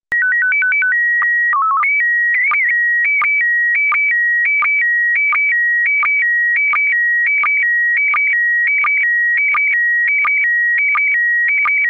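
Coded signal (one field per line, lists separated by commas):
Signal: SSTV (slow-scan television)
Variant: PD 90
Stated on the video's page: Slow scan radio transmission.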